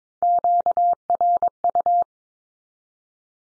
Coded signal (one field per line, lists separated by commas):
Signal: Morse code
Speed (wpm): 22 wpm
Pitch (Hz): 700 Hz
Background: none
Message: QRU